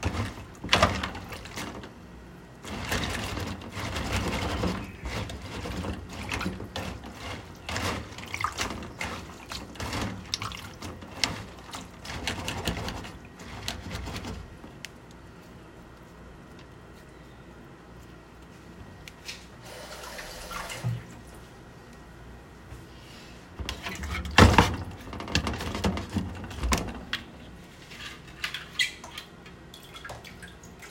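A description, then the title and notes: Cabbage being shredded, with dense bursts of crisp tearing and crunching strokes packed through the first fifteen seconds. After that the cutting thins out into scattered crunches and pauses, with a louder flurry near twenty-five seconds. Low thuds sit under the bright rasping. ASMR｜Shredding Cabbage.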